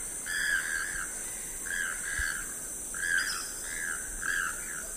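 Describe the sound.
Choco toucan calling with rough, croaky notes, repeated irregularly in small bursts, while a steady shrill insect hum runs throughout.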